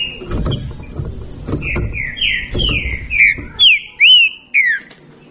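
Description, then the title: Green-winged saltator delivering a chain of downslurred whistles over low background thumping, ending with a few louder, cleaner rising-and-falling notes. Birds in a singing dispute; bird apparently named Nicao. "Trinca Ferro Nicao"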